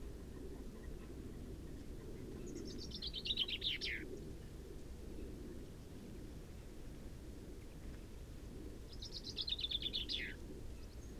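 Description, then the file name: Common chaffinch song, two fairly quiet phrases of rapid notes slipping downward and finishing with a flourish, roughly six seconds apart, against a noticeable low rumbling background. "Fringilla coelebs"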